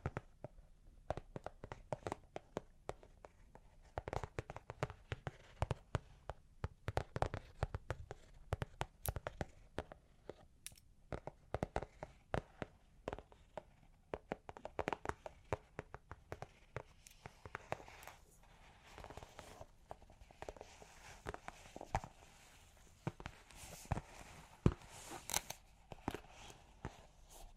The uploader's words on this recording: Long Claws Tapping and Scratching (No Talking).